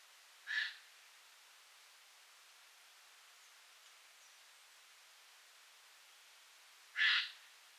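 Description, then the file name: Eurasian jay calling twice, two short harsh screeches about six and a half seconds apart, with quiet hiss in between. "Garrulus glandarius"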